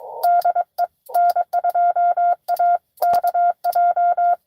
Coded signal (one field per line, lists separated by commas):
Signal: Morse code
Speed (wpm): 22 wpm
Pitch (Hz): 700 Hz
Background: none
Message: DE N2AKJ